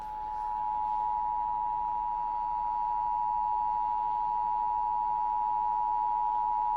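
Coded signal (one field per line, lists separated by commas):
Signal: Emergency Alert System (SAME) tones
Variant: 853 and 960 Hz attention tone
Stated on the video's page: Tornado warning on KUHF-FM, KACC-FM and KANI-AM.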